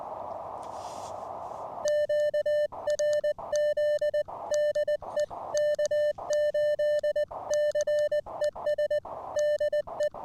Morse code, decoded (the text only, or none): QRZ DE K8CES DE